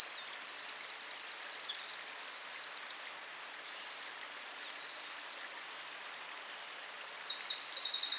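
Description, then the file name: Eurasian wren song: a loud, rapid, high trill for under two seconds, about five seconds of near silence, then another shrill trilled phrase begins. "Troglodytes troglodytes"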